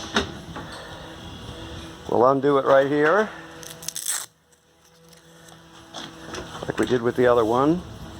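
Someone talks while fitting the second half of a bunk rail (fence/gate) into its bracket inside a 2019 Catalina Trail Blazer 19TH RV. Brief knocks and rattles of handling come at about 0.2 s and in a short cluster around 3.6–4.0 s, followed by a quiet stretch and more talking. Nothing has seated or clicked yet.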